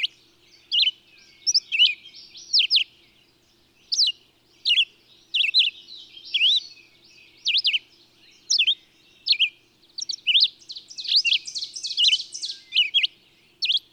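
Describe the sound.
Bird singing steadily: clear high whistled notes with some buzzy trills mixed in, repeated at a brisk, uneven pace throughout.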